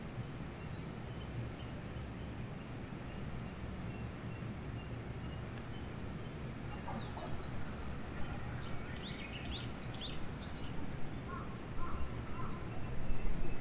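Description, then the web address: Bird song with short, high, thin trills in brief bursts, a few mid-pitched notes and lower whistled notes near the end, over steady low rumbling noise. "yacho koe"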